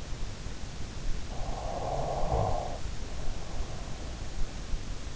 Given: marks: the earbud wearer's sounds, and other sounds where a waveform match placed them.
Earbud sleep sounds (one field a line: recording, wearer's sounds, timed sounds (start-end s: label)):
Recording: sounds in sleep by an in-ear microphone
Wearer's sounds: snoring breath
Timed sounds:
1.06-4.24 s: snoring breath